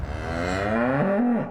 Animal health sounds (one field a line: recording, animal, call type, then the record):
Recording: contact call of a hoofed animal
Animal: cattle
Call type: low-frequency (closed-mouth) or high-frequency (open-mouth) call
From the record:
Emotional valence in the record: negative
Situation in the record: full separation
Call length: 1.50 s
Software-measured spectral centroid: 1310 Hz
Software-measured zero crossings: 1290 a second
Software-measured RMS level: -24 dBFS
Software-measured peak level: -9 dBFS